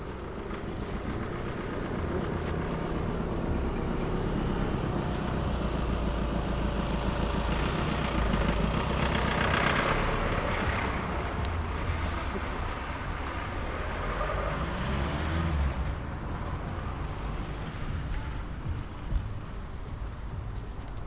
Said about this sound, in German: Ja, Auto? Da, nee, der bleibt stehen. Ah. Soll ich mal gucken? Ein Auto.